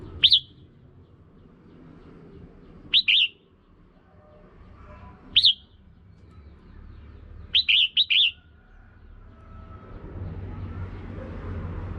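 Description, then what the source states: Red-whiskered bulbul giving sharp chirps every few seconds, ending in a rapid run of notes, with background hiss. Female bird.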